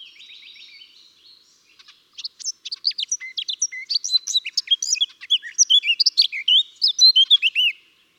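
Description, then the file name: Eurasian blackcap song: a soft, scratchy warble first, then a fast run of loud, clear, fluty whistled notes that rise and fall. "Sylvia atricapilla"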